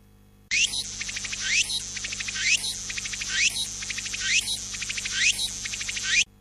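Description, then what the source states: Tsukutsukuboshi cicada song: high shrill pulsing phrases, each ending in a rising sweep, repeated roughly once a second. Summer cicada song.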